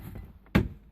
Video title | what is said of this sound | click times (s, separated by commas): 2006 Ford Explorer - Replacing Car Radio | you'll hear it popping as you kind of go around it it's pretty simple to do you're going to go around all the edges | 0.5 s